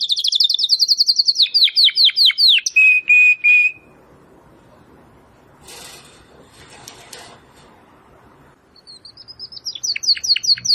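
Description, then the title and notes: Domestic canary trills with descending notes and a few level whistles, pauses amid faint rustling, then resumes with a trill. Belgian canary singing; labelled 'Campainha'. "Canário Belga Campainha Canary Singing. Canario Belga Cantando"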